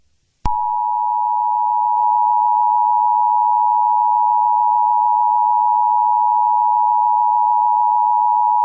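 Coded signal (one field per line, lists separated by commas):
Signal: Emergency Alert System (SAME) tones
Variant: 853 and 960 Hz attention tone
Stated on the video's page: Fictional scenario alert tones, not a real event.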